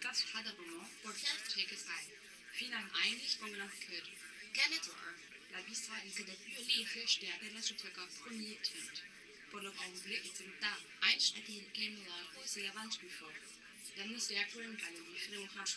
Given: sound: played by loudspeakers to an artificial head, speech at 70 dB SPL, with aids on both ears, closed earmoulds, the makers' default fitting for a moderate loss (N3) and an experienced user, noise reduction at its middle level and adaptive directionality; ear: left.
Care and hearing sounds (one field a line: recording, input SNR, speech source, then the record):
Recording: speech test signal (ISTS) in cocktail-party noise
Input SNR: +6 dB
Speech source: on the right (90 degrees)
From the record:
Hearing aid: class 2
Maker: J